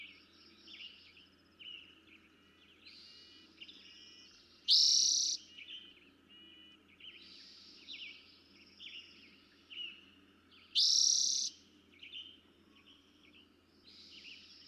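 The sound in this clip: Eastern towhee song: two loud, bright trill phrases about six seconds apart, with softer slurred notes between.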